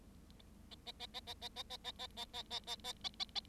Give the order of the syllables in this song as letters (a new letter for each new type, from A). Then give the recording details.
A A A A A A A A A A A A A A A A A A. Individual Bird7